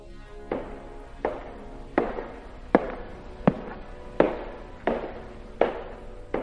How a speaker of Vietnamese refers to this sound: Tiếng bước chân ở bên ngoài lại tiếp tục vang lên ngày một lớn dần.